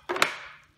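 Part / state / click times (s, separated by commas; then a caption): helmet mouth/back cover piece into costume helmet shell / seated / 0.2 s. A costume helmet's mouth cover and back-of-head piece are pressed onto the helmet shell. A first contact knock at 0.1 s is followed by a sharp plastic snap at 0.2 s, after which the sound rings and fades. The jaw piece is seated and snapped into place.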